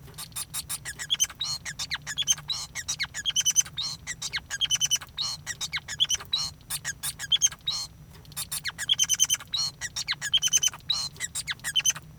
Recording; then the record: song of a male Bengalese finch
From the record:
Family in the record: son of father 5